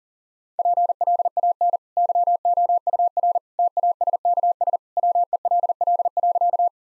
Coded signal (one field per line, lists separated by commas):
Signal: Morse code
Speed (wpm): 40 wpm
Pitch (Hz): 700 Hz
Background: none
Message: PLAN YOUR TASKS WELL.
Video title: Easy Sentences with Hints - 40wpm